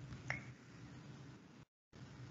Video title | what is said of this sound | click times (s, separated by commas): BD Veritor Training | when you close the tube there should be a click yeah | 0.3 s